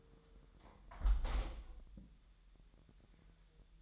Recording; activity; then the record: daily activity, microphone in the room; close window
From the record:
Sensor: 3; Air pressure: 1000.2 hPa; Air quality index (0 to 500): 237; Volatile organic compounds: 128 ppm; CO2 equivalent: 3918 ppm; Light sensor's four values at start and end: 10/24/10/9 and 10/23/9/9